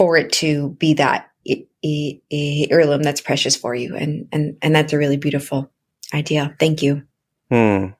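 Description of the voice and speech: An adult speaks warmly at a moderate pace with mid-range pitch, short pauses and one drawn-out hesitation sound. It ends with a brief thank-you and a soft 'hmm'. This is ordinary fluent conversational speech with normal voice quality.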